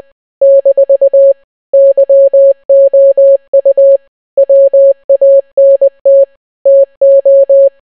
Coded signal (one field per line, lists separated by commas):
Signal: Morse code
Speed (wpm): 20 wpm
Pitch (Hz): 550 Hz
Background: none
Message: - YOU WANT TO